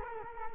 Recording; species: mosquito wingbeat signal from an infrared sensor; Culex quinquefasciatus